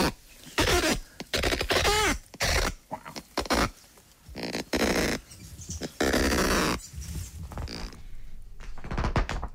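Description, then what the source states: Kakapo calls: harsh, grating squawks and rasping bursts in an irregular series. Female kakapo responding to the male's mating call.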